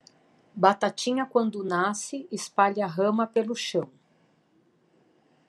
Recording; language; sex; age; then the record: short text; Brazilian Portuguese; female; 50 to 59 years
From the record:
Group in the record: control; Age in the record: 50 years